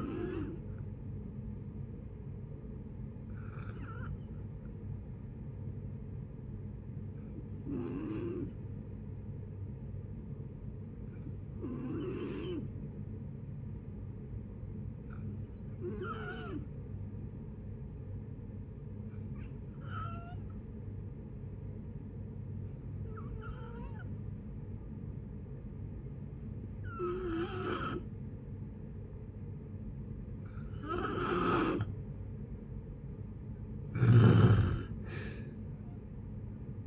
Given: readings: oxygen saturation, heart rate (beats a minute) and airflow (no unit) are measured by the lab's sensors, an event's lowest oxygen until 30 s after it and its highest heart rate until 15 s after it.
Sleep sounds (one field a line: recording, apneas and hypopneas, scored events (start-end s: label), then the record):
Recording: breathing in sleep by a smartphone at the bedside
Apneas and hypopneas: 1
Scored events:
4.00-31.50 s: hypopnea (N2, oxygen 95% highest, then 86% lowest, heart rate 59 at the start, 67 highest)
From the record:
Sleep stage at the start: N2 (light sleep)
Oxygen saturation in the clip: 89 to 95%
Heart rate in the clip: 57 to 66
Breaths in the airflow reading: 9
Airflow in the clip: -6.1 to 5.3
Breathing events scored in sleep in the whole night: 496 in 5.4 hours asleep